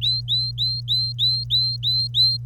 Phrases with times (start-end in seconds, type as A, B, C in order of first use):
0.01-2.46 A